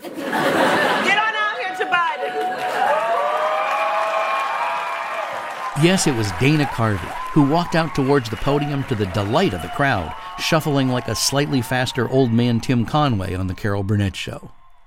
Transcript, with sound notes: Get on out here, Joe Biden.
(CHEERING)
Yes, it was Dana Carvey who walked out towards the podium, to the delight of the crowd, shuffling like a slightly faster old-man Tim Conway on "The Carol Burnett Show."